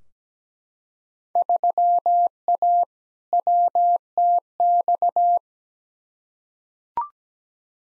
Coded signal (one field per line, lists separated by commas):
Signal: Morse code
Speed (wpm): 17 wpm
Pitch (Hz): 700 Hz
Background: none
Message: 3A WTX